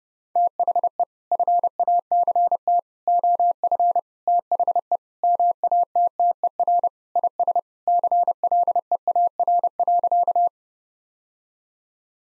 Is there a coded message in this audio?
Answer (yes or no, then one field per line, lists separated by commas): yes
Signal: Morse code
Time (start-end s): 0.4-10.5 s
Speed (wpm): 30 wpm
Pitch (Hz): 700 Hz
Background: none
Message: THE FACT OF THE MATTER IS CLEAR.